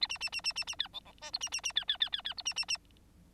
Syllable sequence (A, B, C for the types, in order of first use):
A A A A A A B C C D E A A A B B B B B E A A A